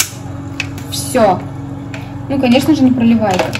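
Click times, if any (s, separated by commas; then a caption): 0.6 s. A plastic screw-on straw lid is turned onto a toddler's plastic sippy cup bottle until it clicks into place at 0.6 s. A short, sharp click stands out over quiet background noise. Someone talks afterward.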